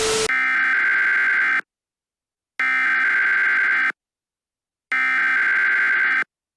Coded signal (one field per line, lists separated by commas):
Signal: Emergency Alert System (SAME) tones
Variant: header bursts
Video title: EAS Scenario: HallowsTerror 2 - LET THE SHOW BEGIN!